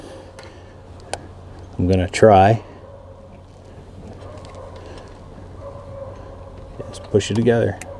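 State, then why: Not seated. A wiring harness connector for an Everblades heated windshield wiper power lead is handled one-handed as its two plastic halves are lined up to push into the mating connector. Someone talks over a low steady hum, with a few faint handling ticks, the sharpest near 1.1 s. Nothing has seated or clicked yet.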